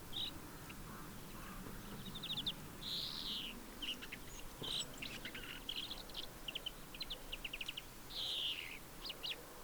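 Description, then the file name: European greenfinch calls: quick twittering chirps and short trills, with a few louder buzzy notes, over low background noise. "Chloris chloris"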